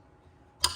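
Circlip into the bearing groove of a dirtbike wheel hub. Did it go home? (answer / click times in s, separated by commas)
yes / 0.6 s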